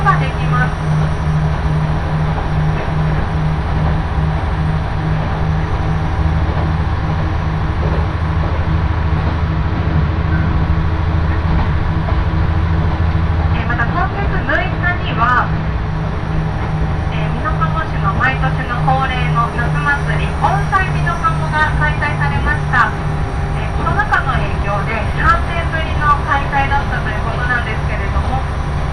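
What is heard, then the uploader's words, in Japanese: A Nagara Railway train rides from Minoshi toward Minō-Ōta with a steady low engine drone and a throbbing hum throughout. From about 14 seconds on, voices chatter over the noise, with a faint high tone above. 耳で楽しむ鉄道旅 長良川鉄道 ながら２号 美濃市→美濃太田。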